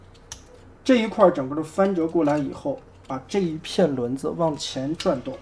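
A side panel on a transforming robot toy, a Transformers movie 3 tanker Megatron figure, is pressed down into its lock position on the figure body. A single sharp click at 0.3 s marks the panel seating and locking down, then someone talks for the rest of the clip.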